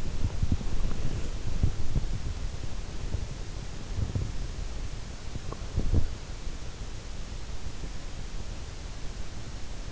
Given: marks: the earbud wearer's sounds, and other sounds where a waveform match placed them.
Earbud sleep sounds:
sounds in sleep by an in-ear microphone; body movement
0.00-1.32 s: body movement
1.50-2.76 s: sound from someone else or the room
3.94-4.30 s: sound from someone else or the room
5.32-6.08 s: sound from someone else or the room

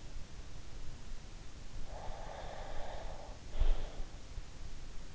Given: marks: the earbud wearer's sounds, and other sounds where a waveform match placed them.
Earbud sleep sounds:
sounds in sleep by an in-ear microphone; breath
1.61-4.14 s: breath

